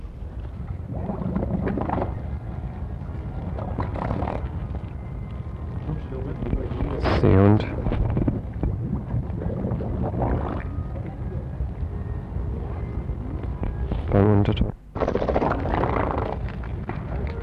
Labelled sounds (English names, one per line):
Harbor Seal